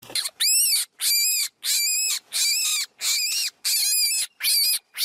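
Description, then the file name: Rabbit screams: loud, harsh, high wailing cries, each about half a second long, repeated roughly every 0.7 seconds in a steady series. "krolik krichit"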